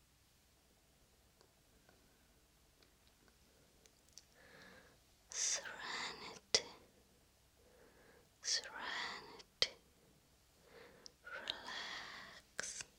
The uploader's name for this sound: Face Massage and Face Brushing